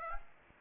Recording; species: mosquito wingbeat signal from an infrared sensor; Aedes aegypti